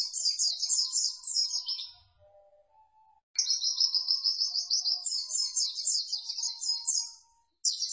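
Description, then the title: White-eye song: bursts of fast, high-pitched chattering twitters, a quiet gap of about a second with faint soft notes, then another long rapid twittering run. Pleci gacor (white-eye singing vigorously), a masteran training recording for cage birds, used to build competition performance. "Pleci Gacor. Masteran Burung PLECI"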